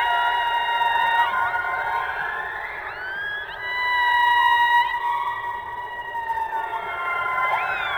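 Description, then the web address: Orca calls underwater, long harmonic tones holding steady then bending upward, several animals calling in overlapping phrases. Underwater recording of orcas. "subacuatica Orcas"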